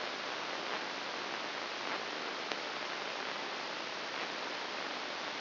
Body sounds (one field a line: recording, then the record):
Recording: brain microelectrode recording played as sound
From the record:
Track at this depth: inside the subthalamic nucleus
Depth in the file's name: 2.804 mm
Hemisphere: right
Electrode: 2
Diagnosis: Parkinson's disease